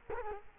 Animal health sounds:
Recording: mosquito wingbeat signal from an infrared sensor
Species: Culex quinquefasciatus

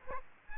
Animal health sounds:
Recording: mosquito wingbeat signal from an infrared sensor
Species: Aedes aegypti

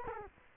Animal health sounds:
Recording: mosquito wingbeat signal from an infrared sensor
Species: Culex quinquefasciatus

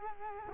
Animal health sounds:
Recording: mosquito wingbeat signal from an infrared sensor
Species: Culex quinquefasciatus

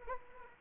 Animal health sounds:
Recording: mosquito wingbeat signal from an infrared sensor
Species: Anopheles arabiensis

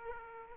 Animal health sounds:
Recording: mosquito wingbeat signal from an infrared sensor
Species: Aedes aegypti

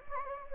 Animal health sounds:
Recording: mosquito wingbeat signal from an infrared sensor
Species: Anopheles gambiae

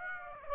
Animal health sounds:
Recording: mosquito wingbeat signal from an infrared sensor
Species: Aedes aegypti

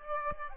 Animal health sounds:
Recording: mosquito wingbeat signal from an infrared sensor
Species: Aedes aegypti

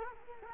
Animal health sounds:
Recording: mosquito wingbeat signal from an infrared sensor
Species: Culex quinquefasciatus

